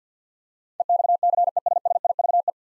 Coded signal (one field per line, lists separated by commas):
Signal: Morse code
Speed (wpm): 52 wpm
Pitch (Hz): 700 Hz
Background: none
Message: EXCESSIVE